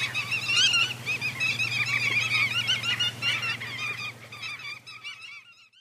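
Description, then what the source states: Bar-tailed Godwit calls: rapid overlapping short notes from several birds in busy chatter that thins out toward the end, over a low steady hum. Call described as sounding like tit-tit-tit; recorded by Nigel Jackett in Broome.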